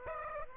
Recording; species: mosquito wingbeat signal from an infrared sensor; Aedes aegypti